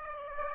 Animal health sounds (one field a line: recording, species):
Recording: mosquito wingbeat signal from an infrared sensor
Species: Aedes aegypti